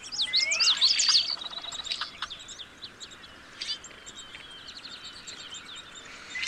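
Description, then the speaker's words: Common yellowthroat song, a quick run of high zigzag phrases near the start, then quieter chips and other small birds calling over a soft marsh hiss. Singing from cattails in a Yellowstone marsh at sunrise; song rendered as witchity, witchity, witchity; small olive-green bird with yellow face and black mask, hard to see. "Right there. It sounds like it's saying witchity, witchity, witchity, witchity."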